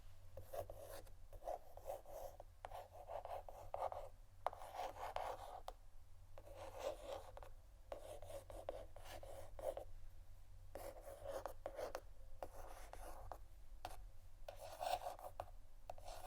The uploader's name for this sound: ASMR Scratching & Tapping On Canisters